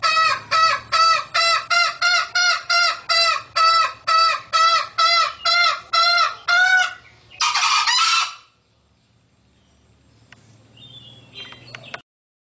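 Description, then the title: Green junglefowl hen calling in a steady train of many harmonic, honking notes, closed by one longer rasping burst, followed by quiet with a faint high sound. Female. "Suara Ayam Hutan Betina. suara ayam hutan hijau"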